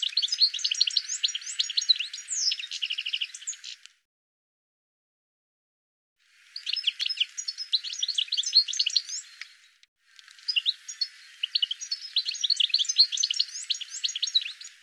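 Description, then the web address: Bird calls in three dense bursts of rapid high chirping, split by a silent gap of over two seconds and a shorter break. "cianscape birddata Deverinetal 2025 File cleaned normalized Bird"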